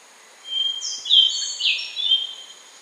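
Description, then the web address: Rufous-brown solitaire singing one phrase of ethereal, high whistles that hold level, then slide and jump between pitches. Recorded in Ecuador. "Birds of Ecuador. Rufous-brown Solitaire"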